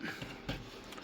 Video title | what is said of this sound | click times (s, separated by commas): Bruder Mack Granite RC Conversion Dump Trucks | and it will snap in place and it seems to stay but | 0.5 s, 0.9 s